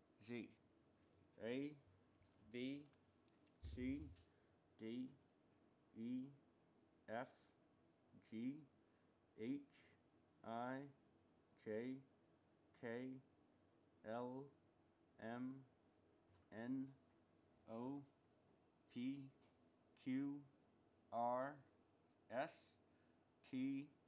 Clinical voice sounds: letters of the alphabet, spoken; constrained by a bite bar between the teeth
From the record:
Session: first day, right after the free take

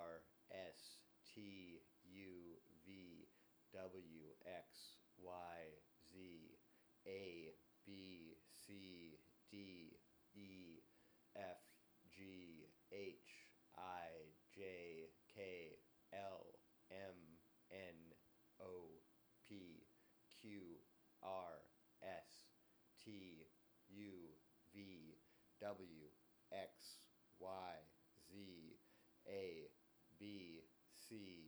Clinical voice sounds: letters of the alphabet, spoken; free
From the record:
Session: seven days later

